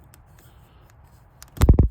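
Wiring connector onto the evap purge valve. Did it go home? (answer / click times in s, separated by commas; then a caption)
yes / 1.6 s. An electrical wiring connector is pushed onto the evap purge valve of a Grand Am and clicks into place at 1.6 s, seating and locking. Faint handling noises come before, and low thumps follow the click. Someone talks.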